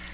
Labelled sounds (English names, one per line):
Black-throated Green Warbler flight call